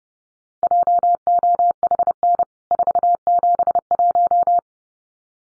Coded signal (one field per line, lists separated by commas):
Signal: Morse code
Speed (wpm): 30 wpm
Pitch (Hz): 700 Hz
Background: none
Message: JOHN 471